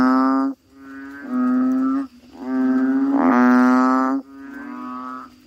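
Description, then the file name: Frog calls: drawn-out, nasal, bleating notes, overlapping and separated by short gaps over a steady low drone. "suara kodok bangkong"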